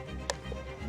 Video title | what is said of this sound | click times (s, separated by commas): Magic or Tech? The CHIGEE AIO-6 Install That Blew My Mind! | That's it unlocked. Press to to get it off. | 0.3 s